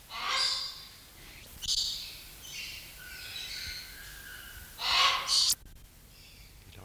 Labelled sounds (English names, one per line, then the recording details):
Red-tailed Black Cockatoo call
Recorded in captivity
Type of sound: call
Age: adult
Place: Zoo Berlin, Berlin, DE
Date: 1994-01-15
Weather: wechselnd wolkig, +5°C
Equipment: Marantz CP 430, Sennheiser MKH 416 T, Kopie Uher Variocord 263
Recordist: Tembrock, Günter
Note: Kurzlaute